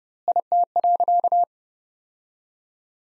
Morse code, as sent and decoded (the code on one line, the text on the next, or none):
.. - .-.-.-
IT.